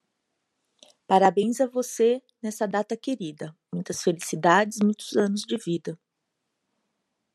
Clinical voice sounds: short text; Brazilian Portuguese; female; 40 to 49 years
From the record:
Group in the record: control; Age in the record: 47 years

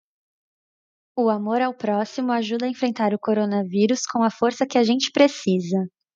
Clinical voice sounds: spoken sentence; Brazilian Portuguese; female; 20 to 29 years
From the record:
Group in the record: control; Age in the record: 24 years

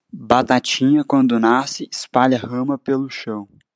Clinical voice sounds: short text; Brazilian Portuguese; male; 20 to 29 years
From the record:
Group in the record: control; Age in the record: 21 years

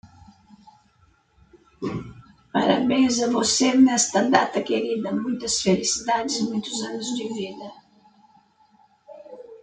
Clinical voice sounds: short text; Brazilian Portuguese; female; 70 to 79 years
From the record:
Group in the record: control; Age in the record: 76 years

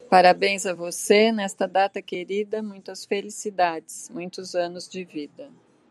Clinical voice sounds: short text; Brazilian Portuguese; female; 50 to 59 years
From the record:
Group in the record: control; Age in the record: 55 years

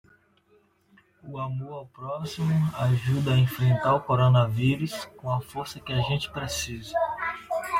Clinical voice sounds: spoken sentence; Brazilian Portuguese; male; 20 to 29 years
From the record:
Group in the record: control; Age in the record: 23 years

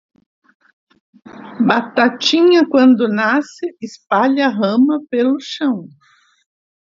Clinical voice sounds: short text; Brazilian Portuguese; female; 70 to 79 years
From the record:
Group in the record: control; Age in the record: 71 years

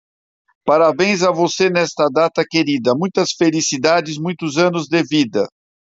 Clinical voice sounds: short text; Brazilian Portuguese; male; 60 to 69 years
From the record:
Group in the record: control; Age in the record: 60 years

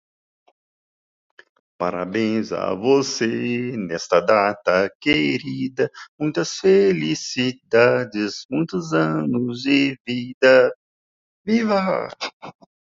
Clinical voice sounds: short text; Brazilian Portuguese; male; 50 to 59 years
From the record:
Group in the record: control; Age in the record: 55 years

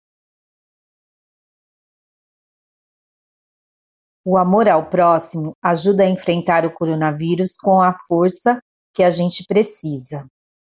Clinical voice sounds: spoken sentence; Brazilian Portuguese; female; 40 to 49 years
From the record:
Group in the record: control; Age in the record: 43 years

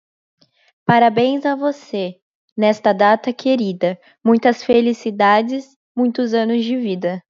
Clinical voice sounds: short text; Brazilian Portuguese; female; 18 to 19 years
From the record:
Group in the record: control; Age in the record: 19 years

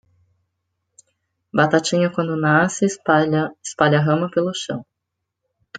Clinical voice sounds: short text; Brazilian Portuguese; female; 40 to 49 years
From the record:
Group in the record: control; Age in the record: 41 years

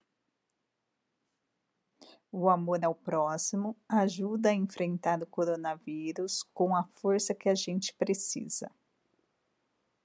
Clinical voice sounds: spoken sentence; Brazilian Portuguese; female; 50 to 59 years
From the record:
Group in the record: control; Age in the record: 51 years

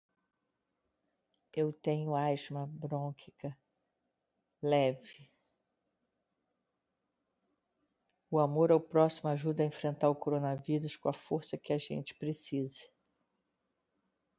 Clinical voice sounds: spoken sentence; Brazilian Portuguese; female; 50 to 59 years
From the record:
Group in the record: control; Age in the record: 57 years

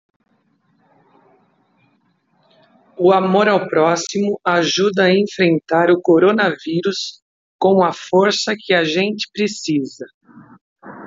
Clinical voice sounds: spoken sentence; Brazilian Portuguese; female; 40 to 49 years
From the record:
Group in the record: control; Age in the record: 46 years

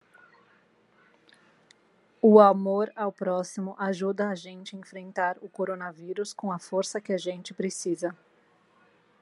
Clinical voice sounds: spoken sentence; Brazilian Portuguese; female; 30 to 39 years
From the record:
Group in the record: control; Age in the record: 37 years

